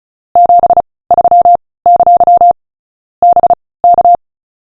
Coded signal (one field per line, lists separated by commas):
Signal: Morse code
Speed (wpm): 36 wpm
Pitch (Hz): 700 Hz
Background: none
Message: 73! BK